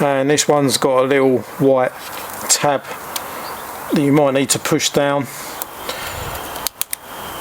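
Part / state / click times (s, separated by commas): motor wheel cable plug into its mating connector / seated / 6.8 s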